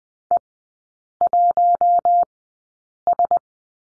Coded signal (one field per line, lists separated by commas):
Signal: Morse code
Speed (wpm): 20 wpm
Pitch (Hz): 700 Hz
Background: none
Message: E1S